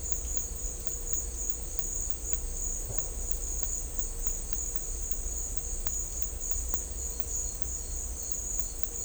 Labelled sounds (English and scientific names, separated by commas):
none